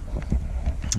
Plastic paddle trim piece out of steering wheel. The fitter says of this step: it popped out luckily didn't break but I should have done it a little different way but